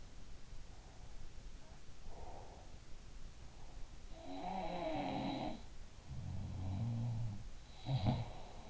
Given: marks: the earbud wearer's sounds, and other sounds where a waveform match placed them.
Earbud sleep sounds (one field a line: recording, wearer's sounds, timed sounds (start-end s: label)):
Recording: sounds in sleep by an in-ear microphone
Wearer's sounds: breath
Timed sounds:
1.39-2.72 s: breath
4.02-5.68 s: sound from someone else or the room
6.09-7.53 s: sound from someone else or the room
7.75-8.70 s: sound from someone else or the room